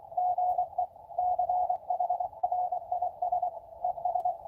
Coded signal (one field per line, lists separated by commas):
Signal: Morse code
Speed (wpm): 22 wpm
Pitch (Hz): 720 Hz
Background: none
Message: GE CHRIS ES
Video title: KI5WWT POTA US-2996 Apr 6 2026